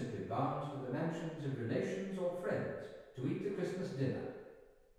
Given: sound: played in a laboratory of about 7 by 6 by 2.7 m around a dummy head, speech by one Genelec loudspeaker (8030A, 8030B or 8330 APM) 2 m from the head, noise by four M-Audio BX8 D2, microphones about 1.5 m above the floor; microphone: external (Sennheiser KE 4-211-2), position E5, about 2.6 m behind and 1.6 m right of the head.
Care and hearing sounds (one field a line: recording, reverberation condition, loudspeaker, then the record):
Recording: male speech in English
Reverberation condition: high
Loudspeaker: 120 degrees to the left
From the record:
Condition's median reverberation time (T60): about 1300 ms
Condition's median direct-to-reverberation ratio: about -4.0 dB